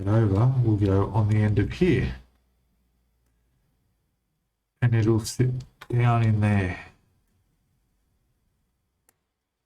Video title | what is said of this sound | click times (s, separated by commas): Star Wars Bandai X-Wing Starfighter Build Part 2 | oh there's a nice click and that's in place | 9.1 s